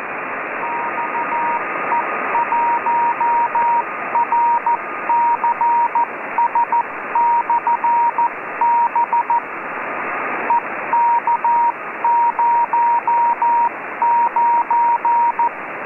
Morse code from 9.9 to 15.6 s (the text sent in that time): EK09